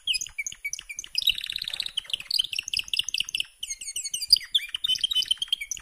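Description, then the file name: Canary song mixing chirps, a fast rattling trill and bright whistles, with a short break before the song resumes. "Canary Voice"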